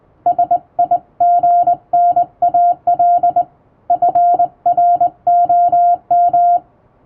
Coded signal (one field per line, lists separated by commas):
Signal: Morse code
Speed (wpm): 21 wpm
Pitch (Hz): 700 Hz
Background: music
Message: SIGNAL FROM